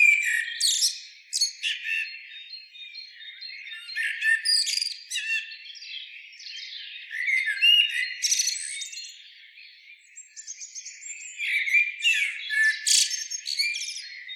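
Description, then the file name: Common blackbird song, repeated bursts of squeaky, scratchy twittering phrases with brief pauses between them. "Turdus merula"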